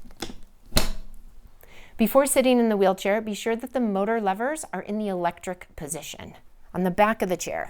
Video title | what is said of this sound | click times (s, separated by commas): EASWE E10 Wheelchair Review - Indoor, Outdoor, Grass and Inclines, Car Transfer | fold the wheelchair down, press on the seat and pull back on the seat back until you hear it click. | 0.8 s